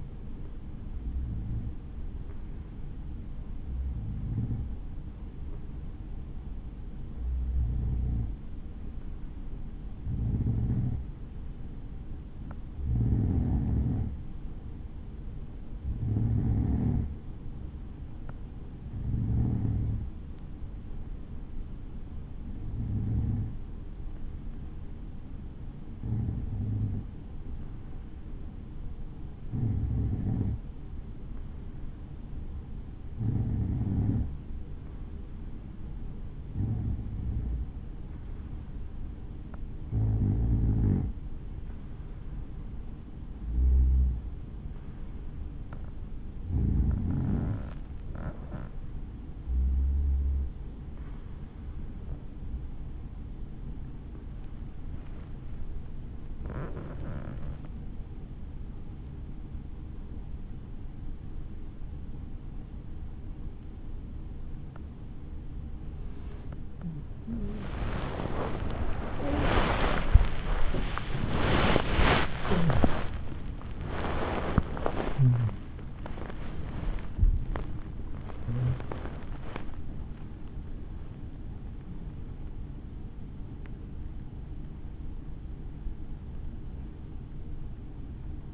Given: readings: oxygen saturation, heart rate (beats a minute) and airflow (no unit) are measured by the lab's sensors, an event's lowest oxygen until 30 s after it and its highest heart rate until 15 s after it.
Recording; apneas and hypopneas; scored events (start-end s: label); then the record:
breathing in sleep by a smartphone at the bedside; 1
23.00-56.80 s: hypopnea (N2, oxygen 95% highest, then 92% lowest, heart rate 58 at the start, 75 highest)
34.00-64.00 s: new sleep stage, N1 (lightest sleep)
64.00-88.54 s: new sleep stage, awake
72.00-88.54 s: awake
From the record:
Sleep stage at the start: N2 (light sleep); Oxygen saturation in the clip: 92 to 95%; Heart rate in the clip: 43 to 95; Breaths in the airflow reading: 27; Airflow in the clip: -14.9 to 17.5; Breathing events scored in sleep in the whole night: 216 in 7.0 hours asleep